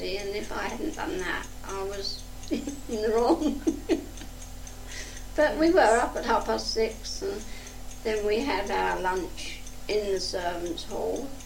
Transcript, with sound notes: And if I hadn’t done that, I was in the wrong. (Laughter) But we were up at half past six and then we had our lunch in the Servants’ Hall